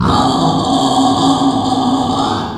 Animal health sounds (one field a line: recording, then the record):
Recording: squeal of a Yucatan mini pig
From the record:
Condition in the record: after surgery on the right vocal fold (resection and tissue-engineered implant)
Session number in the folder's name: 16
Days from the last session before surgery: 183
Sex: female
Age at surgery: 19 weeks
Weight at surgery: 25 kg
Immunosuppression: prednisolone